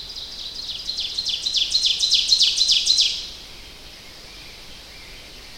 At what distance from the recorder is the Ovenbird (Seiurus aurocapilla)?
about 15 m